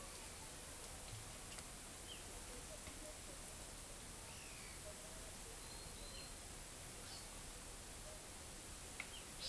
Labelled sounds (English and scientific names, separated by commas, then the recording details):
Trinidad Euphonia (Euphonia trinitatis)
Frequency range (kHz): Trinidad Euphonia (Euphonia trinitatis) 3.8-4.4 kHz
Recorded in forest near Pivijay, Magdalena, Colombia, on 5 June 2023 at 11:30
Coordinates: 10.467, -74.380
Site Z5-G034